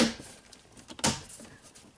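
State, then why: Seated. A plastic shifter trim panel on a Ford/Lincoln is set back into the center console with its clips lined up and pressed down. Sharp snaps at 0.0 s and 1.1 s, with faint small ticks between them, mark the clips snapping home. The panel is seated.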